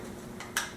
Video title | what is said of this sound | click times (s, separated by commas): UCO Candle lantern: How to find or modify candles for cheap replacements and other discussions | that's it and then this conveniently comes down locks in place | 0.6 s